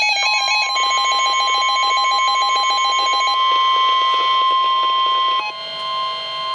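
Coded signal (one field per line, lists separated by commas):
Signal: Emergency Alert System (SAME) tones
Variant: 1050 Hz attention tone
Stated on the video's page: Severe Thunderstorm Warning EAS activation from the National Weather Service.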